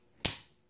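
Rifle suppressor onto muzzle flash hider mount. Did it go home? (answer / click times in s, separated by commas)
yes / 0.3 s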